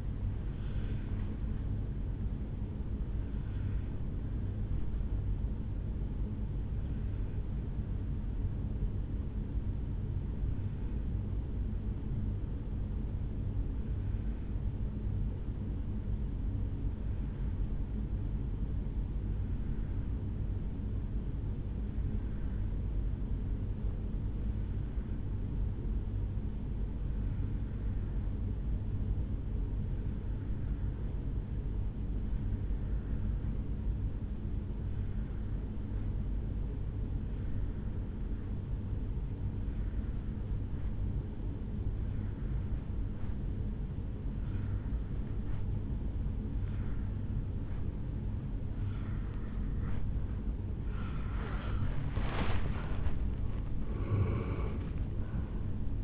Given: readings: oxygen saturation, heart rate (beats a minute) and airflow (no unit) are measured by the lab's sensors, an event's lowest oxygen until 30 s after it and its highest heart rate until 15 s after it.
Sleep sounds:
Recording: breathing in sleep by a smartphone at the bedside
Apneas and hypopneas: 1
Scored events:
6.00-51.30 s: obstructive apnea (N1, oxygen 97% highest, then 82% lowest, heart rate 54 at the start, 79 highest)
9.00-56.04 s: new sleep stage, N2 (light sleep)
From the record:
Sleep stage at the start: N1 (lightest sleep)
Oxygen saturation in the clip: 82 to 97%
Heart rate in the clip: 53 to 74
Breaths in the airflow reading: 2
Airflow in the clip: -11.2 to 8.5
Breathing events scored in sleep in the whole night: 449 in 7.0 hours asleep

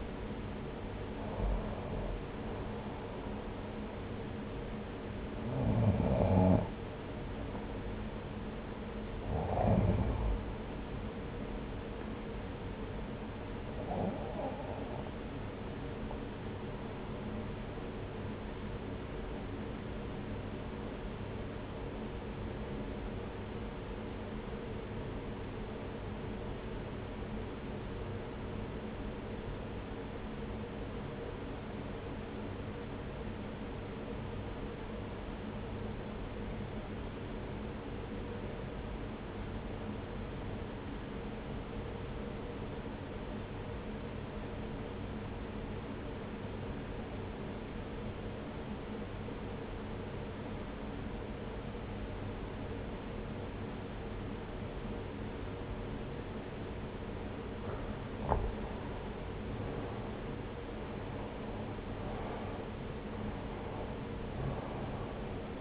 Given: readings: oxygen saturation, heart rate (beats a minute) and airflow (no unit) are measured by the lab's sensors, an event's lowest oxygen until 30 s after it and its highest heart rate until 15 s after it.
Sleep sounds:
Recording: breathing in sleep by a voice recorder at the bedside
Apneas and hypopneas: 1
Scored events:
20.00-58.70 s: obstructive apnea (REM, oxygen 97% highest, then 81% lowest)
From the record:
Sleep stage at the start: REM sleep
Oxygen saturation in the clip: 77 to 97%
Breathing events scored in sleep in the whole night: 303 in 8.1 hours asleep

